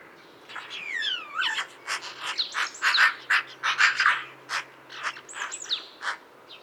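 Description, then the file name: Eurasian magpie giving harsh, rattling chatter in irregular bursts throughout, opened by a couple of falling whistled notes. "Pica pica"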